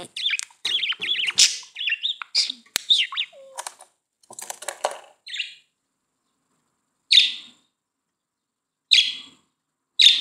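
Budgerigar warble of chattering squeaky notes and clicks, then quiet, followed by three sharp chirps.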